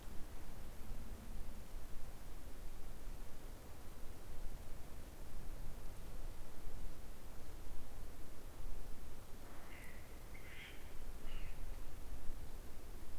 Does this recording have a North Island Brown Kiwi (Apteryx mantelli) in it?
no